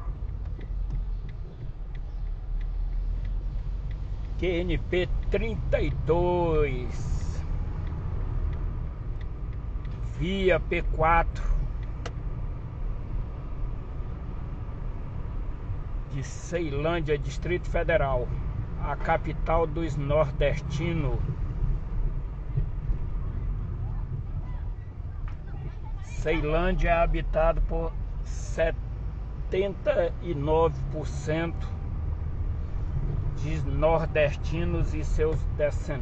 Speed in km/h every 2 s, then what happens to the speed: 19, 21, 16, 19, 26, 32, 31, 33, 35, 34, 31, 30, 29, 22, 14, 16, 22, 29.
0-5 steady at about 19. 5-10 speeds up to 32. 10-17 steady at about 32. 17-28 slows to 14. 29-36 speeds up to 29.